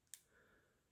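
A screw-down crown on a Casio MDV-106G watch, being modded with oil, is pushed in and threaded onto its metal case tube to keep the oil in after it first cross-threads. A sharp tick at 0.1 s is followed by a faint, fading ringing tone. The crown catches and seats, screwing down properly.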